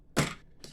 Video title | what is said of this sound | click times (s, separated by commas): New Modular Type System/ New Conveyor Belt Add On!! #new #lego #legomoc #modular #conveyorbelt #like | And so that'll snap right into there. | 0.2 s, 0.6 s